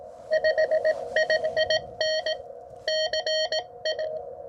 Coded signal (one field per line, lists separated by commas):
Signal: Morse code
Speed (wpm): 18 wpm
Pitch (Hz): 600 Hz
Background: none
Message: 55N CA